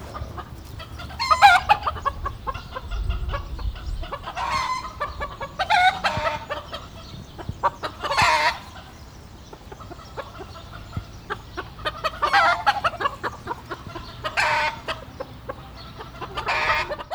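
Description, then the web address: Chicken cackling: harsh, broken clucking bursts in repeated bouts, with softer clucking between. Farmyard at Nyíregyháza Zoo, 2010; cackling of hens. "nyiregyhazizoo 2010 standardt parasztudvar kettyukkotkodal"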